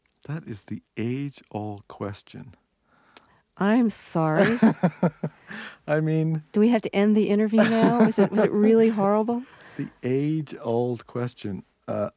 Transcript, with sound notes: That is the age-old question.
I'm sorry!
(laughs) I mean...
Do we have to end the interview now, is it, like, really horrible?
The age-old question.